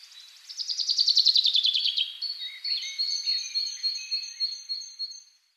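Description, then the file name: Common chaffinch song: a descending trill lasting over a second, followed by a run of high, evenly spaced notes. "Fringilla coelebs"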